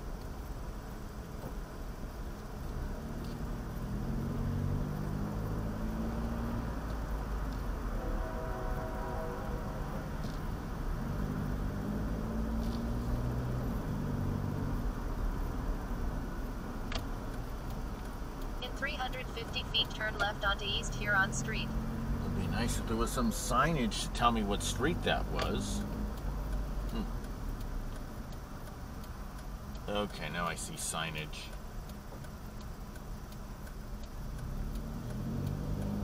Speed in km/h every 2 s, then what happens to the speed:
3, 5, 11, 15, 13, 11, 16, 18, 16, 11, 8, 11, 13, 13, 5, 3, 3, 6.
0-5 speeds up to 15. 5-10 steady at about 13. 10-13 speeds up to 18. 16-19 slows to 8. 19-26 steady at about 11. 26-29 slows to 3.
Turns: none.